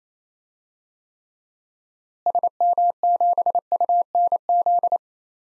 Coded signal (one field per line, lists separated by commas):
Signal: Morse code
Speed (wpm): 28 wpm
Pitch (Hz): 700 Hz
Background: none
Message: SM7UNZ